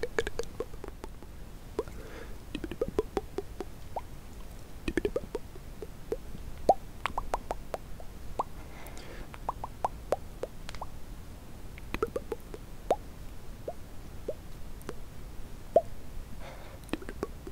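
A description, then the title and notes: Mouth sounds: a steady run of wet clicks, pops and smacks, several every second, sharp and short with bright tops. Soft breathy or voiced bits surface around 2, 9 and 16 seconds, over a low, quiet hiss throughout. ASMR The MOST Accurate MOUTH Sounds ($1 Mic VS $200 Mic).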